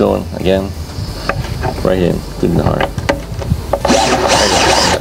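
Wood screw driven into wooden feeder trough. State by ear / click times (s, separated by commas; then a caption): stripped / 3.7 s, 3.8 s. A wood screw is driven hard into the wooden frame of a chicken feeder trough while someone talks, with sharp clicks at 3.7 and 3.9 seconds followed by a rough, broadband grinding whir. The screw slips and strips out of the wood, though it should still hold.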